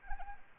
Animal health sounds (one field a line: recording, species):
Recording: mosquito wingbeat signal from an infrared sensor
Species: Anopheles arabiensis